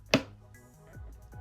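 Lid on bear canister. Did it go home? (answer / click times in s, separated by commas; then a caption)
partly / 0.1 s. The screw-on plastic lid of a bear canister is turned so its first black knob passes the plastic stop tab on the rim, giving one sharp click at 0.1 s, followed by quiet low handling noise. This is the first of two clicks; the lid is only partly closed, since it is meant to stop at the second click so it can be opened again the next day.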